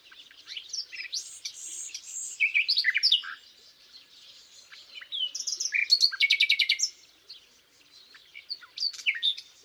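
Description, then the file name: Common nightingale song: whistled and chattering phrases, including a rapid rattling series of repeated notes, delivered in bursts with short pauses. "Luscinia megarhynchos"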